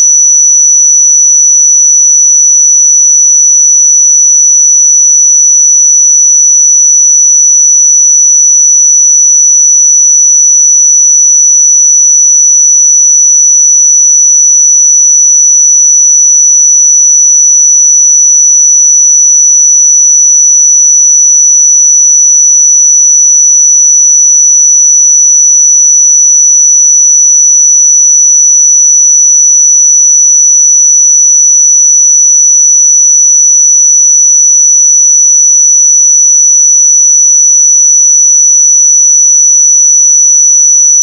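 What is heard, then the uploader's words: A pure sine tone at 5924 Hz sounds without a break for the whole clip, thin and piercingly high. Its pitch and loudness never shift, and nothing else is audible around it, no background noise or other sounds. 5924 Hz 1 Hz Interval Sine Pure Tone Frequency 441000 Sample Mono.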